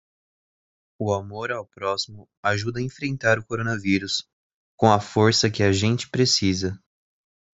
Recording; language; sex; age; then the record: spoken sentence; Brazilian Portuguese; male; 18 to 19 years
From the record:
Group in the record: control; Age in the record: 18 years